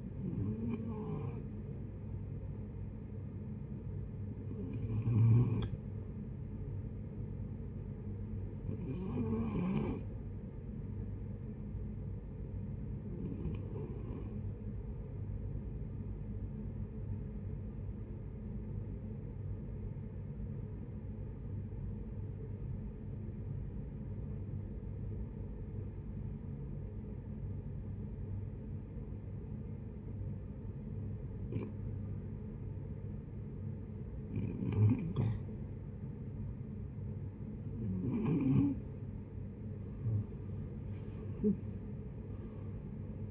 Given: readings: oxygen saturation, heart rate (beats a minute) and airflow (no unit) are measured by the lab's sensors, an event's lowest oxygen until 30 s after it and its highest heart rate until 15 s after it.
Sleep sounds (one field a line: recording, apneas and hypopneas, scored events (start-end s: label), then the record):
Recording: breathing in sleep by a smartphone at the bedside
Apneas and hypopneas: 1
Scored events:
12.00-43.31 s: new sleep stage, REM sleep
16.00-36.30 s: hypopnea (REM, oxygen 95% highest, then 73% lowest)
From the record:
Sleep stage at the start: N1 (lightest sleep)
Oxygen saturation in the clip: 80 to 95%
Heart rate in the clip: 66 to 81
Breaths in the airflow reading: 8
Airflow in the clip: -12.6 to 14.9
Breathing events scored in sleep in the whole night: 496 in 5.4 hours asleep